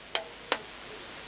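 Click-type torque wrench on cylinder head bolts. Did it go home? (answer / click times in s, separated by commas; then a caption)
yes / 0.1 s, 0.5 s. A click-type torque wrench tightens the cylinder head bolts on a Citroen ZX 1.9 XUD9 diesel engine to the 20 Nm stage-one setting. Two sharp, bright clicks sound at 0.2 s and 0.5 s over a quiet background. The wrench clicks at 20 Nm, and the bolts are all done to stage one.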